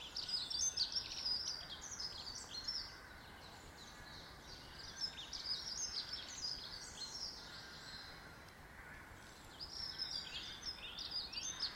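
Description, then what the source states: Bird song: dense, rapid high twittering from several birds, then a quieter lull before the chirping resumes. Birds in a garden.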